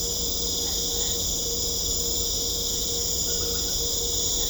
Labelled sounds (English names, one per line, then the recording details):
none
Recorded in secondary vegetation near Puerto Asís, Putumayo, Colombia, on 21 December 2024 at 19:30
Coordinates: 0.500, -76.326
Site G065